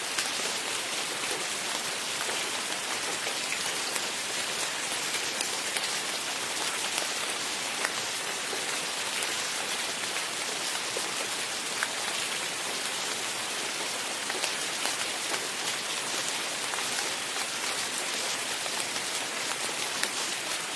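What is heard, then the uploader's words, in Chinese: Rain falls steadily in nature, a dense, even hiss that holds the same level for the whole stretch. The sound is mostly bright and airy with little low rumble, and tiny separate drop ticks scatter through it without any other sounds breaking in. 大自然的下雨声。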